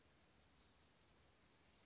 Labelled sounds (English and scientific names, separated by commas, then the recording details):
Western Flycatcher (Empidonax difficilis)
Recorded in Sonoma County, California